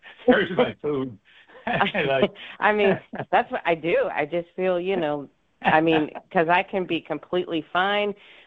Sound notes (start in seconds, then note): 1.5 laughs; 5.6 laughs